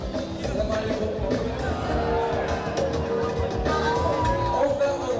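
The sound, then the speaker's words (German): A large concert audience in a sports hall in Algeria roars and cheers as the singer finally appears after hours of delay, a steady, dense wash of voices with scattered shouts and whoops rising above the continuous loud hubbub. “Als er endlich auftaucht, keiner weiß, wieso er sich um Stunden verspätet hat, bricht fast ein Aufstand los.”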